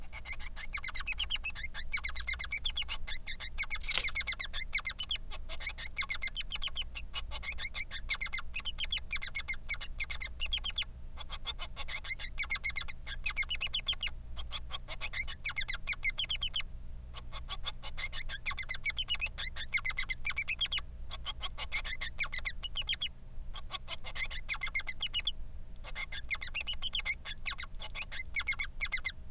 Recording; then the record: song of a male Bengalese finch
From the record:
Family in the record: son of father 3